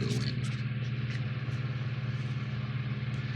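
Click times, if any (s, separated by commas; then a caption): 0.3 s. The motor section of a 1976 Remco Star Trek CSF Controlled Space Flight U.S.S. Enterprise plastic toy starship is fitted onto the main hull of the model. A single sharp click at 0.3 s marks the section snapping in, over a steady low hum throughout. The part is seated easily with that one click.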